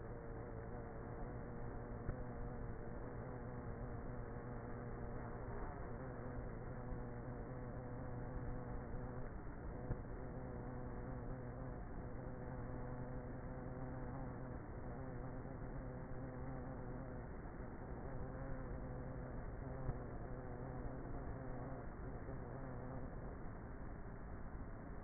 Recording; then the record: honeybee colony, microphone inside the hive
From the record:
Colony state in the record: queenless with a low population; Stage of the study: before two queens were removed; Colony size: about 30,000 bees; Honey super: no